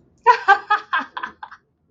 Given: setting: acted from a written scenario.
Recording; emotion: vocal sound without words; amusement